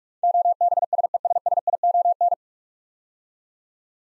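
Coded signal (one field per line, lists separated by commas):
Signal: Morse code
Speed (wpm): 46 wpm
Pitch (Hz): 700 Hz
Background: none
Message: OBSESSION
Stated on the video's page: Practice set at 45 wpm: nine-letter words sent in Morse, each sent twice, for head-copy training.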